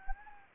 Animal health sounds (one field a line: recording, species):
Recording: mosquito wingbeat signal from an infrared sensor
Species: Anopheles gambiae